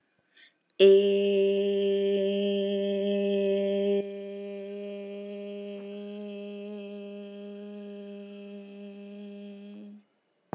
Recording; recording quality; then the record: sustained vowel as in made; moderate, slight background noise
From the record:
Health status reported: healthy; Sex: female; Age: 19 years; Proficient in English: yes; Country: India